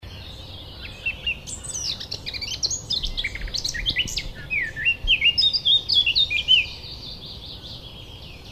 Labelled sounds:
Eurasian Blackcap song
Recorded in the wild
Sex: male
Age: adult
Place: Schönow, Naturpark Barnim, Brandenburg, DE
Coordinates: 52.6954, 13.505
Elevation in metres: 68
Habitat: heath
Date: 2014-04-26
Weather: sunny, 14°C, windless
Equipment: Sound Devices 702, Sennheiser MKH 70, Rycote Windschutz
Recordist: Frommolt, Karl-Heinz
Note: Naturschutzgebiet Schönower Heide: Gesang einer Mönchsgrasmücke (1 Strophe)

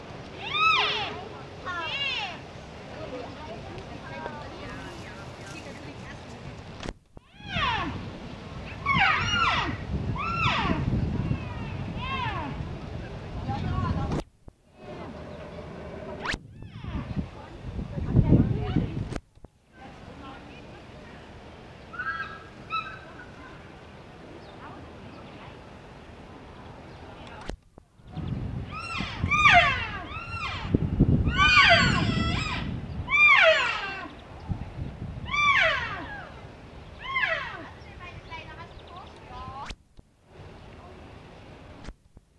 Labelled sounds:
Wapiti call
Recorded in captivity
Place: Tierpark Berlin, Berlin, DE
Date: 1965-09-19
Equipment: Uher 4000 Report-S, Transistorverstärker II, Sennheiser MD 421
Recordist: Tembrock, Günter

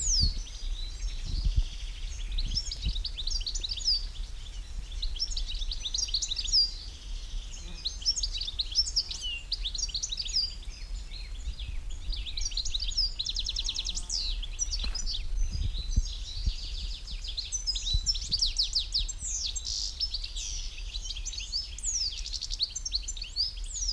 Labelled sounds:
European Goldfinch
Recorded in the wild
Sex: male
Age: adult
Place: Kremmen, Brandenburg, DE
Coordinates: 52.76, 13.03
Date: 1995-06-03 16:59
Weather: heiter, 18-20°C
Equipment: Marantz CP 430, Sennheiser ME 80, Kopie Uher 4000 Report Monitor
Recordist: Tembrock, Günter

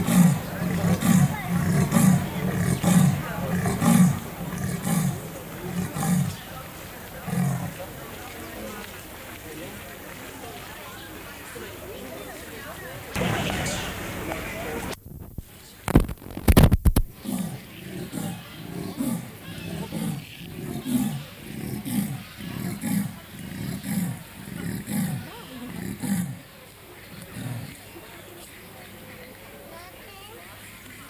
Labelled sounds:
Leopard call
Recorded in captivity
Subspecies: orientalis
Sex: male
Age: adult
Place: Zoo Berlin, Berlin, DE
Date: 2008-08-18 14:30
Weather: overcast, ca. 22°C
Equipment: Sony WM-D6C, Sennheiser ME 80, Kopie Uher 4000 Report Monitor
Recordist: Tembrock, Günter
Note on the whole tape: Amurleopard (P.p.orientalis): Männchen: Rufreihen

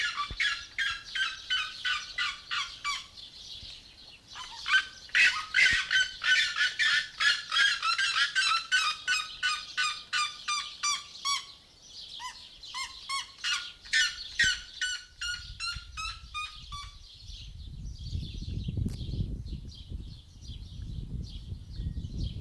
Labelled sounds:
Red-legged Seriema call
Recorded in captivity
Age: adult
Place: Zoo Halle, Sachsen-Anhalt, DE
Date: 2002-06-17 15:33
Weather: sunny, 27°C
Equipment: Nagra SN, Kopie Uher 4000 Report Monitor
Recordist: Tembrock, Günter
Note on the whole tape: Zwei Tiere: Rufreihen. Entfernung ca. 20 m

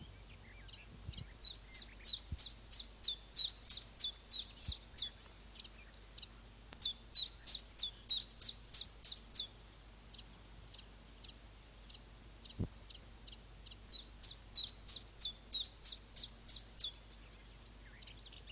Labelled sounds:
Common Chiffchaff
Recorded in the wild
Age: adult
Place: Oehrenstock/Langewiesen, Thüringer Wald, Thüringen, DE
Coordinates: 50.6603, 10.9428
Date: 2003-05-26 15:50
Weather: overcast, 14 - 16°C
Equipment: Fair Mate ST-1328 (Asahi Electronics, Japan), Sennheiser ME 80, Kopie Uher 4000 Report Monitor
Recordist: Tembrock, Günter
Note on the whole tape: Zwei Tiere: Gesang

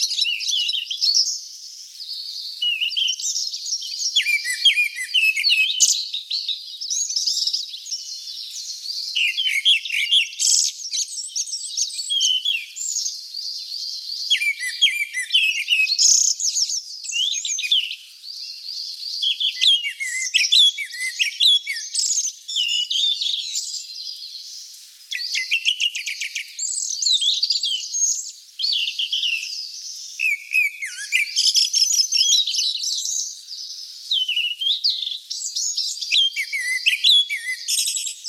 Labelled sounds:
Grey-backed Thrush song
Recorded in the wild
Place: Kedrojawa Pad-Nationalpark, RU
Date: 1994-06-09
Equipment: Dat-Recorder Casio DA 7, Telinga DAT, Telinga-Parabolspiegel
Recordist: Schwarz, Dieter
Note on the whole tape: Song

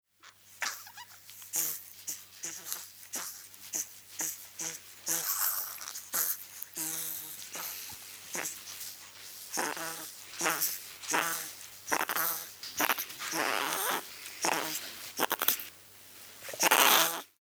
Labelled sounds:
Mandrill
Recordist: Tembrock, Günter
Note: Rufe eines vier Monate alten Jungtieres

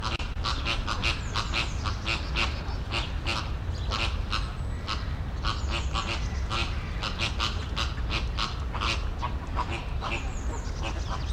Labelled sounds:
American Flamingo call
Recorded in captivity
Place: Zoo Berlin, Berlin, DE
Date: 1993-03-06
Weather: 3-6 °C, heiter bis wolkig
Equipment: Marantz CP 430, Sennheiser ME 80, Kopie Uher Variocord 263
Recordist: Tembrock, Günter

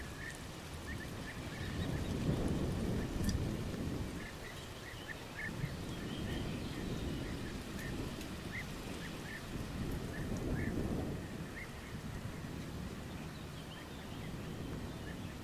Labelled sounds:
Eurasian Blackcap song
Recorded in the wild
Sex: male
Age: adult
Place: Tiuccia, Corsica, FR
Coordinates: 42.0844, 8.75111
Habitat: macchia
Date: 2011-07-18 13:57
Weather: sunny, 30°C, light to moderate westerly winds
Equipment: Fostex FR2-LE, Sennheiser ME66, Popschutz
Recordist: Frommolt, Karl-Heinz

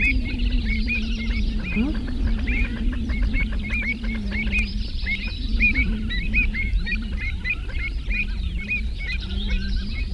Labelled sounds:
Pied Avocet call
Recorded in the wild
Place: Istria, Dobrogea, RO
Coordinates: 44.483, 28.811
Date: 1973-04-24
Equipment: Nagra III BH, Sennheiser MD 21, parabola
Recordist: Schubert, Michael
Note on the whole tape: Säbelschnäbler-Kolonie, heftiges Rufen

